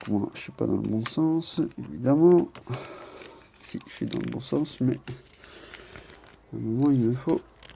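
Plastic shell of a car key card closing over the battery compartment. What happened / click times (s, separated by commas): Plastic shell handled, not yet snapped shut / none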